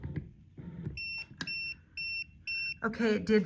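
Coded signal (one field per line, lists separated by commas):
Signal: none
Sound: a wall motor's setup beeps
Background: speech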